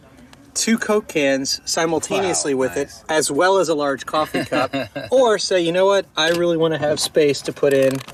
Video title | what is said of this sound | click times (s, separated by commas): Virtual DeLorean Weekend 2020 Live Stream Day 3 | like this and locks in place so you can put | 0.3 s